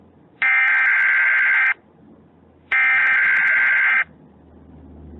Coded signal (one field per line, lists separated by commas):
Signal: Emergency Alert System (SAME) tones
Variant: header bursts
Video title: The Deadly Surgeon in Colorado (EAS Scenario)